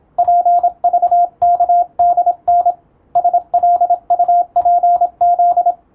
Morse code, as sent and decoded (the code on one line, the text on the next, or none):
.--. ...- -.- -.. -. / ... .-.. ..- .--. --..
PVKDN SLUPZ